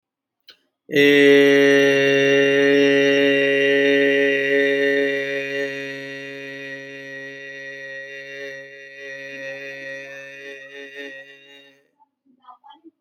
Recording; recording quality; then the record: sustained vowel as in made; excellent, no background noise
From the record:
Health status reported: healthy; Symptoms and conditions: none ticked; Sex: male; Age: 45 years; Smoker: not ticked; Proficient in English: yes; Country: India